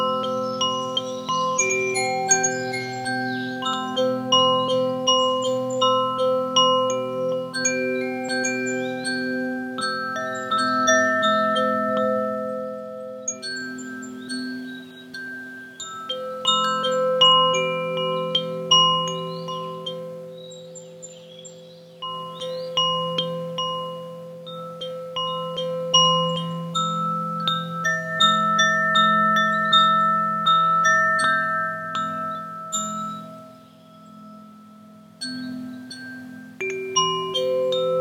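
Wind chimes ring almost continuously, with bright metallic tones overlapping and sustaining as new strikes land every second or so. A steady low hum sits underneath throughout. The ringing thins briefly around the middle and near 34 seconds before picking up again.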